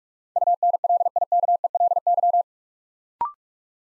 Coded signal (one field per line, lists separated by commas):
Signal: Morse code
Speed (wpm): 44 wpm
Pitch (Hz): 700 Hz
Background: none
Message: UNLIKELY